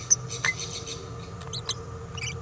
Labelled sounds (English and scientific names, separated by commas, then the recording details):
Green-rumped Parrotlet (Forpus passerinus) babbling
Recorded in a nest box in Venezuela
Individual 18B17A4